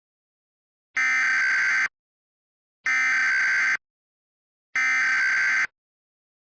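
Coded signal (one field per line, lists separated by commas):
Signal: Emergency Alert System (SAME) tones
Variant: header bursts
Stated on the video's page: Fictional EAS scenario about a supernova, re-uploaded; contains valid EAS tones.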